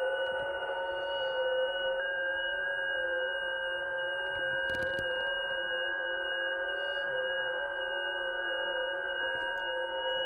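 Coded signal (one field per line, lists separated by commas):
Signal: FT8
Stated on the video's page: FT8 via Yaesu FT-710 and an Android phone running FT8-CN, coupled by VOX without cables.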